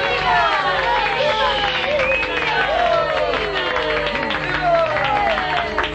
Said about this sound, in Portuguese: E enquanto os dois irmãos coelhos discutiam, a tartaruga ultrapassou-os e cortou a linha de chegada. Tinha ganho a corrida e todos aplaudiam.